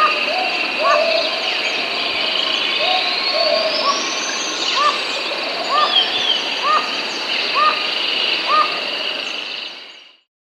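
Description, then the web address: Chestnut-tipped toucanet giving a series of short, evenly spaced upward-flicking notes over a steady high insect-like drone and constant hiss. Andean bird recorded in South America. "Natures Songs S America Andean Birds. Chestnut-Tipped Toucanet (Aulacorhynchus Derbianus)"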